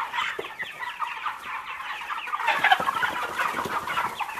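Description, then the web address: Birds calling in a dense, busy chatter of short, harsh notes that overlap continuously throughout, growing a little louder halfway through, with no quiet gaps. "ptici ptici"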